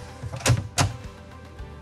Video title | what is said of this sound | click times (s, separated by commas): How to Install Blum TANDEM plus BLUMOTION Drawer Slides in a Frameless Cabinet | you'll hear an audible click when the Locking devices engage the runners | 0.5 s